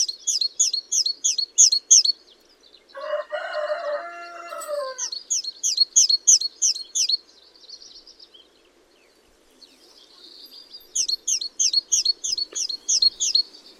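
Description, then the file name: Great tit uttering rapid bursts of high, sharp repeated notes in three series; a rooster crows between the first two bursts. "Parus major"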